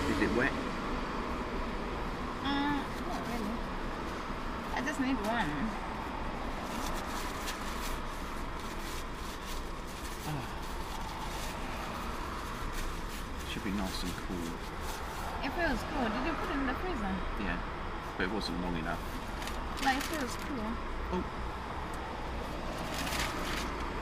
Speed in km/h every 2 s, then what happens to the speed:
0, 0, 0, 0, 0, 0, 0, 0, 0, 0, 0, 0.
0-24 standing.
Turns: none.